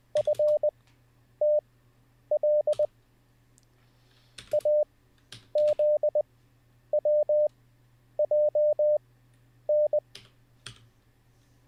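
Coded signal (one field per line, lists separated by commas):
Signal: Morse code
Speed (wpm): 20 wpm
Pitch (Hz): 600 Hz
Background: none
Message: FTL AZWJN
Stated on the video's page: Live-streamed Morse code learning practice session.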